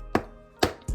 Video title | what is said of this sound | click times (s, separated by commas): Why Cetaphil Moisturizing Cream is a skincare must-have ( especially for beginners ) | when you hear that click that means the tops all the way on | 0.1 s, 0.6 s